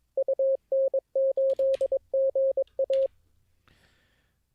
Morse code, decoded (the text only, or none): UN8GA